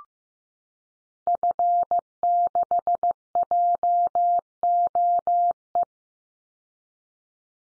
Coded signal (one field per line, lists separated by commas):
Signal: Morse code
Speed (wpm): 15 wpm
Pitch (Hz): 700 Hz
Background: none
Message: F6JOE